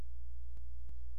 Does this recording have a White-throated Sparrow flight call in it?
no